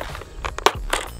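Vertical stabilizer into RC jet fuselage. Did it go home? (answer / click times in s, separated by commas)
yes / 0.7 s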